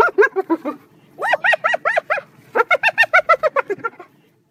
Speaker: the so-called laughter of a spotted hyena. Spotted hyenas make about a dozen different vocalizations and are most likely to make that laughing sound after being attacked or when they're being chased by another hyena.